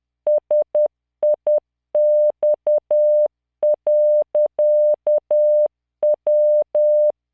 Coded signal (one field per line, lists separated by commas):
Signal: Morse code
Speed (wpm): 10 wpm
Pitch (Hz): 600 Hz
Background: none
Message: SIX.W